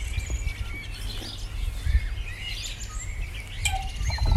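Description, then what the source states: Birds singing in a dense chorus of chirps and whistles, partly covered by strong low-pitched rumbling noise. Recorded in the morning.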